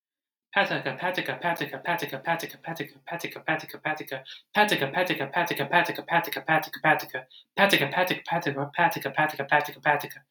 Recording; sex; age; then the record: repeated syllables /pa ta ka/; male; 20 to 29 years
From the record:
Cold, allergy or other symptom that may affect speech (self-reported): no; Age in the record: 23 years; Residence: Virginia, United States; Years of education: 16